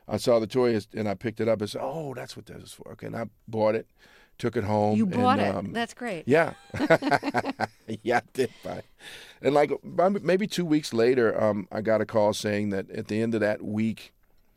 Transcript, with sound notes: and I saw the toy and I picked it up. I said, oh, that's what that's for. And I bought it. Took it home and...
You bought it. That's great.
Yeah.
(SOUNDBITE OF LAUGHTER)
Yeah, I did buy it. And like maybe two weeks later I got a call saying that at the end of that week